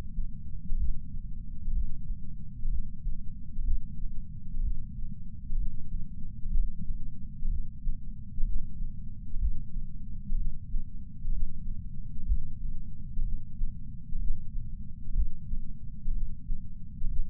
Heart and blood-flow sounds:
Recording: heart sounds by patch sensor on the chest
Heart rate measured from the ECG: 63 bpm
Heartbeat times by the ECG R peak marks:
0.76 s: heartbeat
1.71 s: heartbeat
2.68 s: heartbeat
3.63 s: heartbeat
4.60 s: heartbeat
5.56 s: heartbeat
6.50 s: heartbeat
7.48 s: heartbeat
8.43 s: heartbeat
9.38 s: heartbeat
10.35 s: heartbeat
11.30 s: heartbeat
12.25 s: heartbeat
13.22 s: heartbeat
14.18 s: heartbeat
15.13 s: heartbeat
16.11 s: heartbeat
17.07 s: heartbeat
From the record:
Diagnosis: coronary artery disease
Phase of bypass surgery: postoperative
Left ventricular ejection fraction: 68.2%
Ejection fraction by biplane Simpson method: 62.7%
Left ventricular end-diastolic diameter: 48 mm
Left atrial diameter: 40 mm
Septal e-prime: 8.6 cm/s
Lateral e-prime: 10.2 cm/s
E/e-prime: 10.9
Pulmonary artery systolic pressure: 38 mmHg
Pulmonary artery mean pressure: 18 mmHg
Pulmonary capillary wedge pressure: 11 mmHg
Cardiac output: 6.45 L/min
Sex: male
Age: 57 years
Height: 175 cm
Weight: 80 kg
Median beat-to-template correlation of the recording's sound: 0.76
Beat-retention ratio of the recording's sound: 0.99

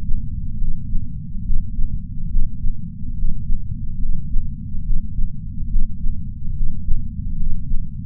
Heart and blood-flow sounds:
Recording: heart sounds by patch sensor on the chest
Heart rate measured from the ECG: 71 bpm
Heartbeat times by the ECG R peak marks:
0.58 s: heartbeat
1.44 s: heartbeat
2.29 s: heartbeat
3.15 s: heartbeat
4.00 s: heartbeat
4.83 s: heartbeat
5.69 s: heartbeat
6.54 s: heartbeat
7.37 s: heartbeat
From the record:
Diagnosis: coronary artery disease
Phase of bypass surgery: preoperative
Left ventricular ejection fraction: 60.7%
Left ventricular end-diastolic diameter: 49 mm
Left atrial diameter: 38 mm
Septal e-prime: 7.7 cm/s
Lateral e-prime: 8.9 cm/s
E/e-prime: 8.7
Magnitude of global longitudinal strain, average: 16.3%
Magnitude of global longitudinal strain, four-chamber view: 16.1%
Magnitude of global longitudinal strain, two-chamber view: 16.3%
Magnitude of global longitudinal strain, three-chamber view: 16.5%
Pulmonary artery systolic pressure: 21 mmHg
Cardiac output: 4.8 L/min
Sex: male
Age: 58 years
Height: 170 cm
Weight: 80 kg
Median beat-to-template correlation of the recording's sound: 0.88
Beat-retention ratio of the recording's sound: 1.00

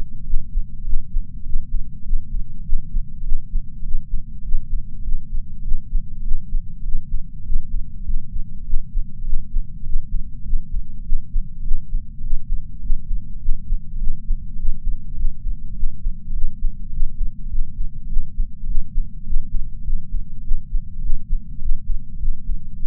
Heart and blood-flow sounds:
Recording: heart sounds by patch sensor on the chest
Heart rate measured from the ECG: 101 bpm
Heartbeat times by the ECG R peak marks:
0.20 s: heartbeat
0.86 s: heartbeat
1.47 s: heartbeat
2.07 s: heartbeat
2.64 s: heartbeat
3.24 s: heartbeat
3.82 s: heartbeat
4.42 s: heartbeat
4.98 s: heartbeat
5.64 s: heartbeat
6.18 s: heartbeat
6.83 s: heartbeat
7.43 s: heartbeat
8.04 s: heartbeat
8.66 s: heartbeat
9.26 s: heartbeat
9.83 s: heartbeat
10.47 s: heartbeat
11.03 s: heartbeat
11.64 s: heartbeat
12.21 s: heartbeat
12.80 s: heartbeat
13.40 s: heartbeat
14.00 s: heartbeat
14.56 s: heartbeat
15.17 s: heartbeat
15.76 s: heartbeat
16.28 s: heartbeat
16.90 s: heartbeat
17.44 s: heartbeat
18.09 s: heartbeat
18.67 s: heartbeat
19.24 s: heartbeat
19.85 s: heartbeat
20.44 s: heartbeat
21.02 s: heartbeat
21.59 s: heartbeat
22.18 s: heartbeat
22.79 s: heartbeat
From the record:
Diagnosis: coronary artery disease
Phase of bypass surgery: intraoperative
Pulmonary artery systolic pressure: 20 mmHg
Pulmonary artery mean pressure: 11 mmHg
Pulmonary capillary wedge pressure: 4 mmHg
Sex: male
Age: 69 years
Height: 174 cm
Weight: 79 kg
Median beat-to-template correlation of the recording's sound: 0.72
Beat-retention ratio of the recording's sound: 0.98

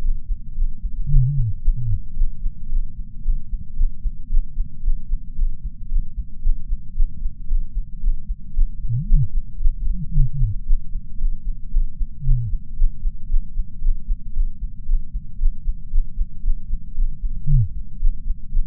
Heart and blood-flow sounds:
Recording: heart sounds by patch sensor on the chest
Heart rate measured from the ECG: 114 bpm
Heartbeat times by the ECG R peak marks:
0.54 s: heartbeat
1.07 s: heartbeat
1.61 s: heartbeat
2.14 s: heartbeat
2.68 s: heartbeat
3.21 s: heartbeat
3.75 s: heartbeat
4.28 s: heartbeat
4.81 s: heartbeat
5.34 s: heartbeat
5.87 s: heartbeat
6.41 s: heartbeat
6.93 s: heartbeat
7.46 s: heartbeat
7.99 s: heartbeat
8.52 s: heartbeat
9.05 s: heartbeat
9.58 s: heartbeat
10.11 s: heartbeat
10.64 s: heartbeat
11.16 s: heartbeat
11.69 s: heartbeat
12.22 s: heartbeat
12.75 s: heartbeat
13.27 s: heartbeat
13.80 s: heartbeat
14.32 s: heartbeat
14.85 s: heartbeat
15.37 s: heartbeat
15.89 s: heartbeat
16.41 s: heartbeat
16.93 s: heartbeat
17.46 s: heartbeat
17.98 s: heartbeat
18.50 s: heartbeat
From the record:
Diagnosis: coronary artery disease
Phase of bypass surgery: postoperative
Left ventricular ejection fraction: 34.9%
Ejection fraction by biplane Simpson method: 32.7%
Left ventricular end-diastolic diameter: 59 mm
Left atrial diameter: 36 mm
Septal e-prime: 3 cm/s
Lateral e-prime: 7 cm/s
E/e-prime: 12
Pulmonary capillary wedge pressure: 12 mmHg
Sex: male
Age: 49 years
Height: 175 cm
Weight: 80 kg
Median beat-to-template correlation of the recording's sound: 0.90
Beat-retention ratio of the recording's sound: 0.99

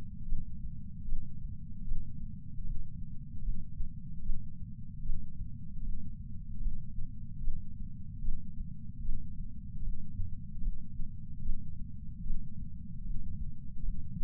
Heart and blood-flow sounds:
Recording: heart sounds by patch sensor on the chest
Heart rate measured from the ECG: 75 bpm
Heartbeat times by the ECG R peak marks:
0.26 s: heartbeat
1.06 s: heartbeat
1.85 s: heartbeat
2.64 s: heartbeat
3.42 s: heartbeat
4.23 s: heartbeat
5.03 s: heartbeat
5.82 s: heartbeat
6.60 s: heartbeat
7.41 s: heartbeat
8.22 s: heartbeat
9.02 s: heartbeat
9.82 s: heartbeat
10.61 s: heartbeat
11.43 s: heartbeat
12.23 s: heartbeat
13.04 s: heartbeat
13.83 s: heartbeat
From the record:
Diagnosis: coronary artery disease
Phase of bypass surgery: postoperative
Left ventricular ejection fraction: 60%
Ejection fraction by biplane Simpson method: 54%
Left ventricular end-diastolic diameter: 47 mm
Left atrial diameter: 39 mm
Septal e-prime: 8.6 cm/s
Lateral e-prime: 7.5 cm/s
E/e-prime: 10.3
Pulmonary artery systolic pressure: 24 mmHg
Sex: male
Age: 75 years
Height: 168 cm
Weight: 74 kg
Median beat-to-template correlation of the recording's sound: 0.84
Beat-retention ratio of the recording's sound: 0.99

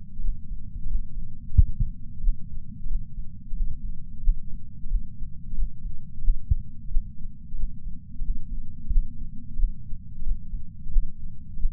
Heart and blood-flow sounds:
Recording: heart sounds by patch sensor on the chest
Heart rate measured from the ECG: 90 bpm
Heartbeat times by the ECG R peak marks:
0.23 s: heartbeat
0.89 s: heartbeat
1.55 s: heartbeat
2.22 s: heartbeat
2.89 s: heartbeat
3.56 s: heartbeat
4.22 s: heartbeat
4.90 s: heartbeat
5.57 s: heartbeat
6.23 s: heartbeat
6.90 s: heartbeat
7.58 s: heartbeat
8.24 s: heartbeat
8.91 s: heartbeat
9.58 s: heartbeat
10.25 s: heartbeat
10.92 s: heartbeat
11.56 s: heartbeat
From the record:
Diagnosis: coronary artery disease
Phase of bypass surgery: postoperative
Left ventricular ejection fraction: 56.9%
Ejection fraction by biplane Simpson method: 54%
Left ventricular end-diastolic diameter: 47 mm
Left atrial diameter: 43 mm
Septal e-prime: 5 cm/s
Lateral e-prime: 5.3 cm/s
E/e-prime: 10.9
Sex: male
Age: 77 years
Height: 160 cm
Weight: 79.5 kg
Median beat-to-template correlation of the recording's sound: 0.62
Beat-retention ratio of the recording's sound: 1.00

